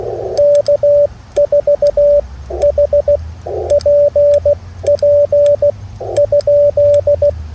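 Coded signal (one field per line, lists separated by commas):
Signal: Morse code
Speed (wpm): 16 wpm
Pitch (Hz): 580 Hz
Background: radio noise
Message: K4H PP ?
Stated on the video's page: Portable QRP CW setup using a 705 transceiver.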